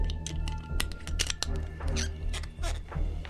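A whole small bottle emptied into a cup, heard as a quick, irregular patter of little splashes and clicks over a low steady hum, lasting a few seconds.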